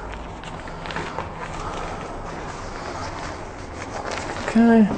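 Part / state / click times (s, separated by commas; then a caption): metal crib bar into travel crib frame / not seated / none. A metal crib bar is slid inside a travel crib frame and lined up before being snapped home, with only sliding and rattling sounds heard. Someone talks near the end. Nothing has seated or clicked yet.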